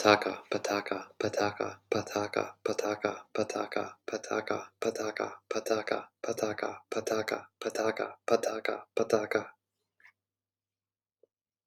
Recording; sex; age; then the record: repeated syllables /pa ta ka/; male; 30 to 39 years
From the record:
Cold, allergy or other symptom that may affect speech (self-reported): no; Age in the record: 34 years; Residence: Wisconsin, United States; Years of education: 16